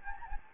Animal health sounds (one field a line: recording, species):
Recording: mosquito wingbeat signal from an infrared sensor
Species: Anopheles gambiae